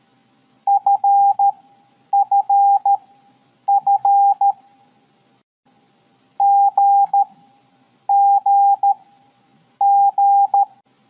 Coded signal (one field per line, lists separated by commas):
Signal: Morse code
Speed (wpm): 13 wpm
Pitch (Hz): 800 Hz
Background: none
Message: FFF GGG